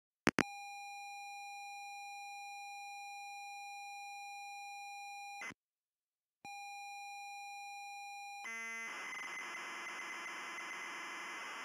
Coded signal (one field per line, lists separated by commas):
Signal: ZX Spectrum tape loading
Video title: Sabre Wulf Loading Screen - ZX Spectrum